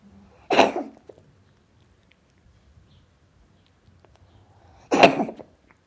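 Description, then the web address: Cat coughing: two short, harsh, explosive coughs about four seconds apart, with near silence between them. "Sound Effects-BBC Cats Coughing"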